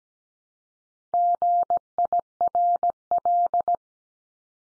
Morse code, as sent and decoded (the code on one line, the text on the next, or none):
--. .. .-. .-..
GIRL